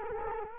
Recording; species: mosquito wingbeat signal from an infrared sensor; Culex quinquefasciatus